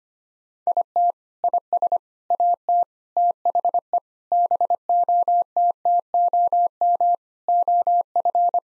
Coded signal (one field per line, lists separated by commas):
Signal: Morse code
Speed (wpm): 25 wpm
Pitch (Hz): 700 Hz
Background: none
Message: IT IS AT THE BOTTOM OF